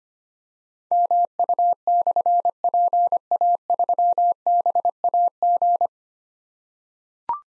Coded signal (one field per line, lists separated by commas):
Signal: Morse code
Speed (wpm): 26 wpm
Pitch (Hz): 700 Hz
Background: none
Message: MU/PA3BAG